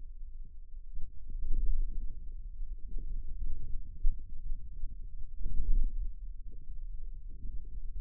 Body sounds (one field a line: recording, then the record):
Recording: forearm muscle sounds (acoustic myography)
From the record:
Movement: ulnar deviation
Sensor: system 2, bracelet of six BSWA MPA416 microphones around the upper forearm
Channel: 2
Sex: male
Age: 22 years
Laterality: right